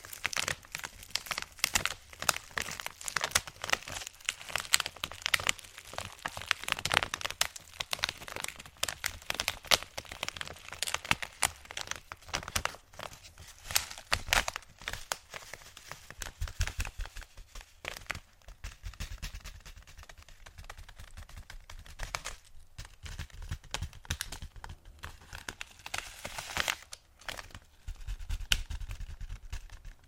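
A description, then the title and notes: Dense crinkling of plastic or paper fills the clip, a constant stream of sharp crackles with bright, hissing edges. It is busiest in the first fifteen seconds, thins and softens around eighteen to twenty-five seconds, then picks up again near the end. Crinkles.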